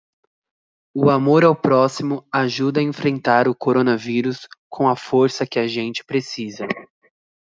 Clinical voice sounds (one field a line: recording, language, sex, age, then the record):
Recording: spoken sentence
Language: Brazilian Portuguese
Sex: male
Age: 20 to 29 years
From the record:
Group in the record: control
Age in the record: 20 years